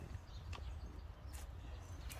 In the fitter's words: on y va on entend le clic bon